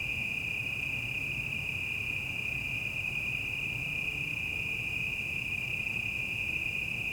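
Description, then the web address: Cicadas droning continuously on a single high pitch while traffic rumbles low in the background. Quieter city ambience at night and evening, cicadas with distant traffic; 5.1 surround recording. "City Night Evening Ambience, Quieter, Cicadas, Distant Traffic. GDC 2019-Game Audio Bundle 2496 Sound Effects - Surround in The Night"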